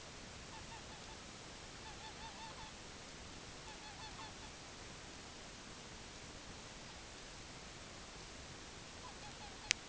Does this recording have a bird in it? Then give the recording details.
yes. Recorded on Arctic tundra, site UTQI-5, on 21 June 2018. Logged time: 08:00